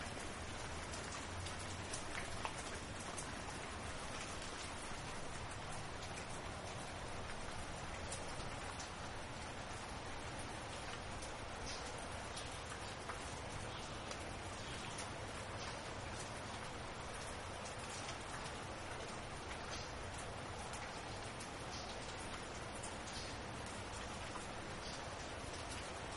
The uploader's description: ocean tempests and distant thunderclaps